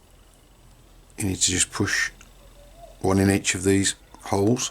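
A small plastic ball clip (P7) is being handled for pushing into a hole in a suspension arm of a Tamiya TT02D DriftSpec RC car built as a Nissan Skyline GTR. Someone talks over quiet background noise. Nothing has seated or clicked yet.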